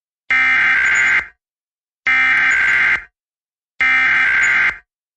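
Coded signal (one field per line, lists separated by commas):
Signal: Emergency Alert System (SAME) tones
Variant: header bursts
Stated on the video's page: EAS tests.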